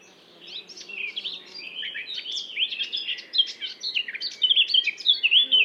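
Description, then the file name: Eurasian blackcap giving a continuous busy warble of mixed scratchy and clearer notes that gets louder, over low background noise. "Sylvia atricapilla"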